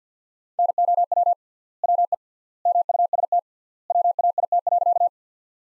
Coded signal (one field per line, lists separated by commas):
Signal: Morse code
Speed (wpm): 49 wpm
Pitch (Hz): 700 Hz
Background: none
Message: NOW WE MUST WAIT.